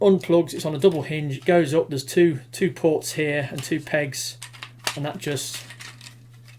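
Someone talks while handling the plastic windscreen/roof section of a transforming toy robot car, a double-hinged part with two pegs that go into two sockets. Light plastic handling noises follow near the end. Nothing has seated or clicked into place yet.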